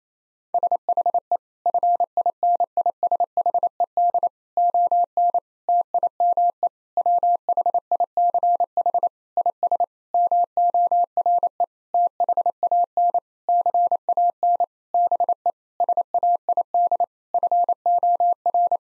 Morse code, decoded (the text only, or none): SHE FINISHED ON TIME WHICH IS MORE THAN CAN BE SAID FOR